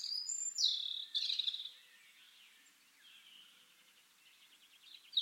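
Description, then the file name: European robin song: a brief high, sweet warbling phrase at the start, then only faint fragments against steady background hiss, with a short note at the end. "Erithacus rubecula"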